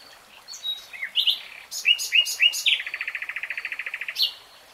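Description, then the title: Nightingale song with varied notes and harsh bursts, followed by a fast, even trill of many short notes and a closing high note. Real-time recording. "[Tiếng chim hót] Nightingale Singing"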